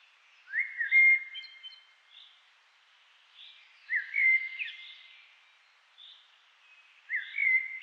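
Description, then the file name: Common blackbird song, three flute-like warbled phrases roughly every three seconds, each starting low and mellow and closing with faint high twittering notes. "Turdus merula"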